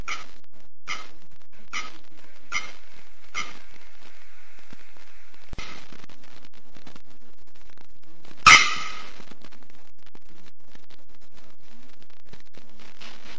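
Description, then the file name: Bearded Bellbird calls: five sharp, knocking notes spaced about a second apart, then a faint steady tone, a dull thud, and one loud explosive note. "Canto da araponga do nordeste"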